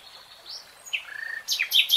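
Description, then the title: Nightingale song fragment: a soft whistle, a brief rapid stutter, then several sharp high chirps. Singing, in real time. "[Tiếng chim hót] 3 Hours REALTIME Nightingale Singing"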